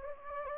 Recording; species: mosquito wingbeat signal from an infrared sensor; Anopheles gambiae